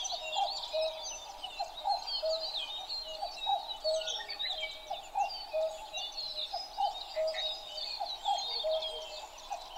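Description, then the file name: Common cuckoo repeating its low double-note call at a regular rhythm throughout, with many small birds singing high, tangled songs. 12 June 2011 at 03:53. "kakkou-20110612-0353"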